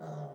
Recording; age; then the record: pig call; piglet (1 to 25 days)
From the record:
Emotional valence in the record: negative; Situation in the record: long isolation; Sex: male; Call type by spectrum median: low-frequency call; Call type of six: low-frequency stable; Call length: 0.34 s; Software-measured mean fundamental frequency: 73 Hz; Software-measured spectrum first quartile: 155 Hz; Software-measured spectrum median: 350 Hz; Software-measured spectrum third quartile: 660 Hz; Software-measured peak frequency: 158 Hz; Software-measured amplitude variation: 76 dB a second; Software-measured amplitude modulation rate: 22.0 a second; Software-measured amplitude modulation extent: 3.5 dB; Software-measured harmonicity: -0.8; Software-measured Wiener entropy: -0.19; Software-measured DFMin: 1392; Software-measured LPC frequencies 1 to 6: 657, 1292, 3410, 3850, 4896, 5779 Hz